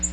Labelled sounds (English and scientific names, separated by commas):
Nashville Warbler (Leiothlypis ruficapilla) flight call